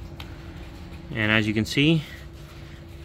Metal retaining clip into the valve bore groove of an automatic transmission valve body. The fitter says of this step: you hear it clip, click right there.